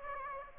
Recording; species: mosquito wingbeat signal from an infrared sensor; Aedes aegypti